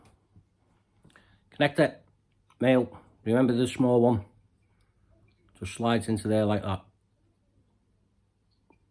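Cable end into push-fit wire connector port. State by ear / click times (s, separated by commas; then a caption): not seated / none. A stripped cable end is being slid into a port of a twin push-fit wire connector while someone talks. A few faint, brief ticks are heard between the speech. Nothing has seated or clicked yet; the wire is not yet home in the connector.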